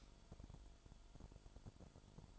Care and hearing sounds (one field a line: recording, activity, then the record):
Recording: daily activity, microphone in the room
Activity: light off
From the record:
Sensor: 5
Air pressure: 1008.0 hPa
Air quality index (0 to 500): 96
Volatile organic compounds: 1 ppm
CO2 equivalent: 755 ppm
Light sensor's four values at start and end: 38/87/36/37 and 37/86/36/36